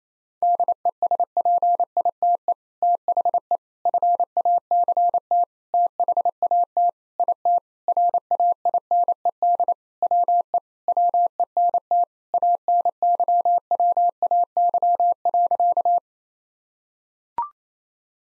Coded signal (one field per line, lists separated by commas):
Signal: Morse code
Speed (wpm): 28 wpm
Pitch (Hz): 700 Hz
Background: none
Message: DESPITE THE FACT THAT IT RAINED WE WENT ANYWAY.